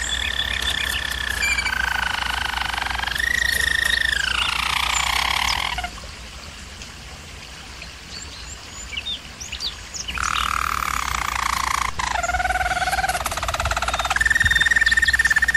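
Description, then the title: German Roller canary trilling in smooth gliding rolls, falling quiet for several seconds, then resuming with deep rolls and a higher held tour. German Roller canary singing, used for training canaries. "German Roller Canary Singing - Canary Training Vid"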